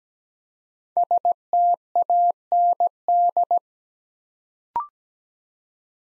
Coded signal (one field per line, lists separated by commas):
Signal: Morse code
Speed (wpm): 17 wpm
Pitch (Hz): 700 Hz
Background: none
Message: STAND